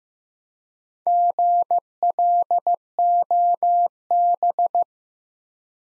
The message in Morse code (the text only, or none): GLOB